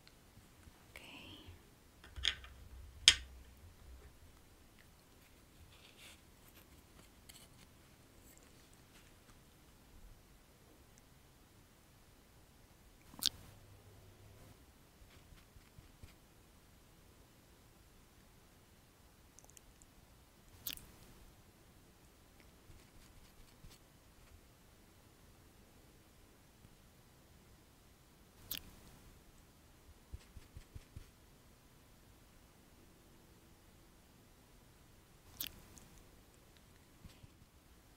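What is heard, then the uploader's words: A spa facial treatment and scalp massage, mostly hushed, with a faint steady hiss and soft rustling. Sharp little clicks and taps break the quiet every several seconds, with a low thump near the start and a quick cluster of taps around thirty seconds. ASMR Natural Spa Facial Treatment & Scalp Massage.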